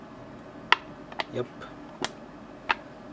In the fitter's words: hear the click okay